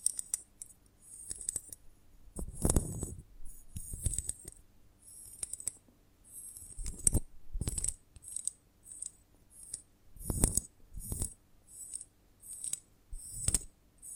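Honeycomb on a branch being handled, with crisp, bright crackles and sticky clicks coming in irregular clusters throughout. Heavier crunches with a dull low thump land around 3, 7, 10 and 13 seconds, while lighter ticking and rustling fill the gaps.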